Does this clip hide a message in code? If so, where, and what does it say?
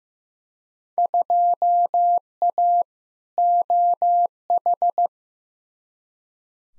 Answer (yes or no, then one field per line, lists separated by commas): yes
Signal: Morse code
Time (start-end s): 1.0-5.1 s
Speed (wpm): 15 wpm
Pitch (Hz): 700 Hz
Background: none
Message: 2A OH